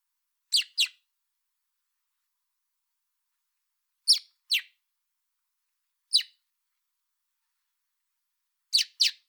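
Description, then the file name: Common blackbird giving sharp, clicking calls in quick pairs, the pairs spaced a few seconds apart, with four pairs or singles in all against silence. "Turdus merula"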